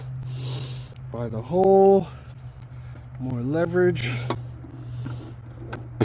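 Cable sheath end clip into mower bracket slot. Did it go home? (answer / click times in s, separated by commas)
yes / 6.0 s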